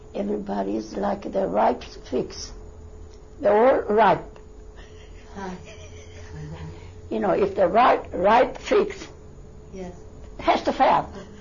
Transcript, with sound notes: Everybody is like the ripe figs. They're all ripe." ( she laughs ) "You know, if they're ripe, ripe figs, it has to fall."